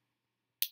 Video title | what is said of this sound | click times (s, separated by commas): Super Sophie changes her Dexcom CGM | it clicks into place and | 0.6 s